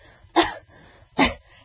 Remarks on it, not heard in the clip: When women cough, they have to pucker up. Because, again, they don't want to pee on themselves or they don't want to fart. So when women cough, they do this. I love women coughs because they're not very juicy. They're not very thick and mucousy and sputumy.